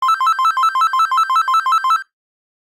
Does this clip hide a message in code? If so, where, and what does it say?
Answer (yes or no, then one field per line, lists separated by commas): no